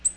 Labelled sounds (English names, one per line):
Black-throated Green Warbler flight call